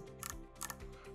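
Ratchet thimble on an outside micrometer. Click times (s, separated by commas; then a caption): 0.3 s, 0.7 s. While zeroing a Mitutoyo outside micrometer, the ratchet thimble is turned so the steel spindle closes on the anvil with a smooth, consistent force. Sharp ratchet clicks sound at about 0.3, 0.7 and 0.7 seconds over steady background music, showing the ratchet slipping at its set force.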